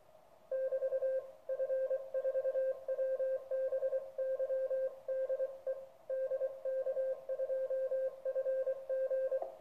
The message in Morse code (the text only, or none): <BT> F4WBY DE DK2FG